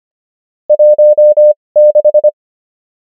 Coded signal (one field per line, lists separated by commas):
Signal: Morse code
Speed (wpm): 25 wpm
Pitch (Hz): 600 Hz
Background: none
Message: 16